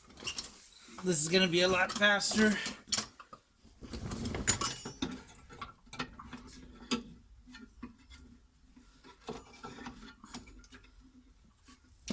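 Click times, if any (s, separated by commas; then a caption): none. Someone talks while a fuel line quick-connect fitting is handled at the nipple of a new inline fuel filter, with short metallic taps and rattles throughout. The fitting has not seated or clicked into place yet by the end of the clip.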